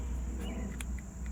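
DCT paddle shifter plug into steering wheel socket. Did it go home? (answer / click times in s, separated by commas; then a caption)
no / none. The paddle shifter plug for the DCT is being handled at its socket in an M Performance steering wheel on an E90 M3. Over a steady low rumble, a few faint, brief handling taps are heard. Nothing has clicked or seated yet.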